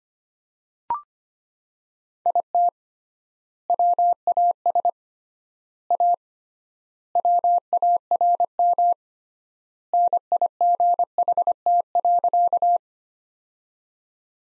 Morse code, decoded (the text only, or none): IT WAS A WARM NIGHT.